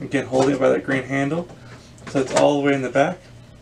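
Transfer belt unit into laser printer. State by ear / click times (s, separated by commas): not seated / none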